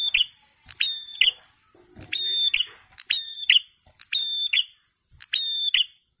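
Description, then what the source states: Prinia song: flat, steady whistled notes with sharp clicked starts, given in pairs and repeated with short quiet gaps between phrases. Red-headed prenjak in full song (gacor), masteran training recording; said to make rival birds answer.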